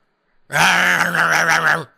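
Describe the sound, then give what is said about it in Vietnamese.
A giant ape over one zhang tall lets out a single loud, deep roar, a rough growling bellow that holds steady for over a second before cutting off abruptly. “Con quái thú gầm lên, thân hình lao vút về phía Mặt Cầu”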